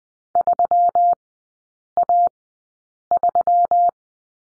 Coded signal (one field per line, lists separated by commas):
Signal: Morse code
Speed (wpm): 20 wpm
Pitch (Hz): 700 Hz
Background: none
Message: 3A3